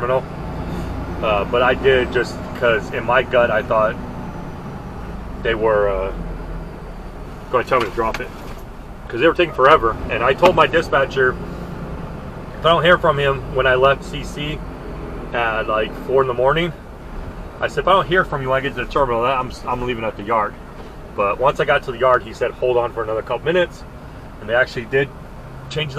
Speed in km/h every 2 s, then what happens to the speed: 27, 27, 24, 19, 16, 15, 11, 10, 6, 3, 0, 0, 0.
3-20 slows to 0. 20-26 standing.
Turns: none.